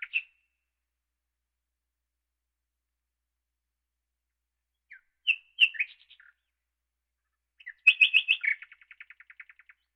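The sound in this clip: Nightingale song in short separated phrases: whistled and chirped notes, then a loud burst ending in a fast, even rattle of repeated clicks, with long silent gaps between.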